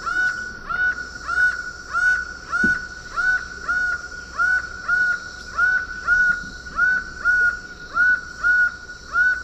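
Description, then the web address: Laughing falcon calling in a rhythmic series of two-note 'wah-co' phrases, each pair about a second apart, with a steady background hum. Song; Eastern Lowlands of South America. "Natures Songs S America Eastern Lowlands Herpetotheres cachinnans, song"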